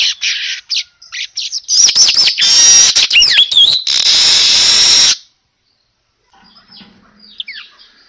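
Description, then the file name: Weaver song, a long harsh buzzing chatter mixed with thin whistled squeaks, stopping abruptly, then faint scratchy notes follow. Lure sound for a weaver, described as gacor, meaning singing loudly and continuously. "Suara Pancingan Burung Manyar Gacor Dor"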